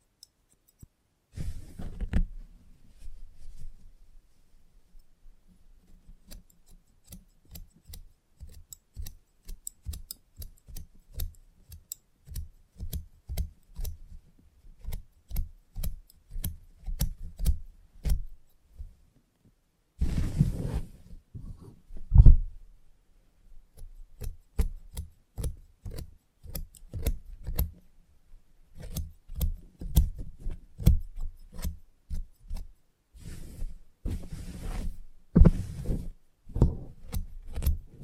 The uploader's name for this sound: Salon Haircut Head Massage, Scissors and Clipper